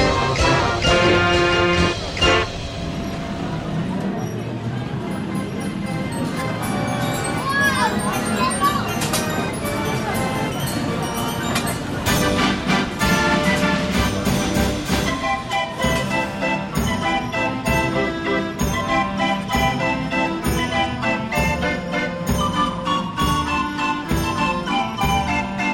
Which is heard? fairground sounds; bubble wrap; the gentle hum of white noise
fairground sounds